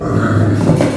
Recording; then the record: squeal of a Yucatan mini pig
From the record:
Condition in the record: after surgery on the right vocal fold (resection and tissue-engineered implant); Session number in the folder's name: 7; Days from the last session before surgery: 47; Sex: female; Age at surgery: 19 weeks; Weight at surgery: 25 kg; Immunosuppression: prednisolone